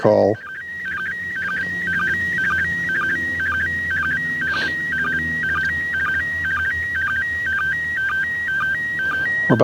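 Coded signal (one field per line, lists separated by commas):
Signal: SSTV (slow-scan television)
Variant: PD 120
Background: speech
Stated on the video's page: Live ISS SSTV pass on the 2 m downlink received with a handheld radio and a tri-band antenna.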